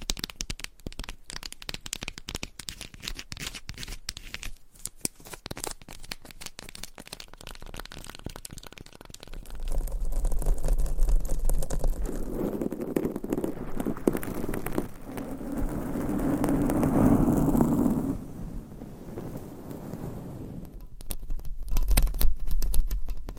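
Scratching and tapping sounds shift every few seconds, starting as a dense run of quick, sharp clicks and crackles for the first ten seconds. After that the sound turns louder and fuller, with a low rumbling rub and brushing swells around fifteen to eighteen seconds and again near the end.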